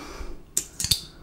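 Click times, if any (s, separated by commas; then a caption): 0.6 s. The metal top cap of a Baby Futur safety razor is pressed down onto the razor head over the blade and snaps into place with a sharp click at 0.6 s. Two more bright metallic clicks follow at about 0.8 and 0.9 s, and the cap is seated.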